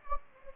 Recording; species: mosquito wingbeat signal from an infrared sensor; Anopheles gambiae